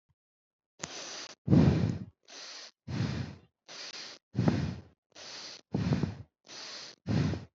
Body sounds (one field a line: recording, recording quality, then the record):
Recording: shallow breathing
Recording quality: excellent, no background noise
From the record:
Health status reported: COVID-19 positive, no symptoms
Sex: female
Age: 23 years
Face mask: worn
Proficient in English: yes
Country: India